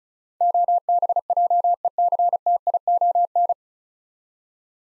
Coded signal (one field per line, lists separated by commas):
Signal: Morse code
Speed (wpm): 36 wpm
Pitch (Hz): 700 Hz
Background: none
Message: OBJECTION